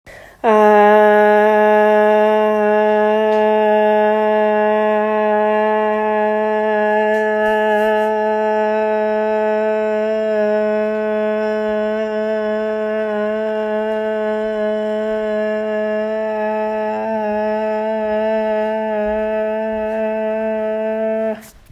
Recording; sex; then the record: sustained vowel /a/; female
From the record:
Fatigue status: no fatigue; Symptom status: asymptomatic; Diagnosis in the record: COVID-19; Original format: m4a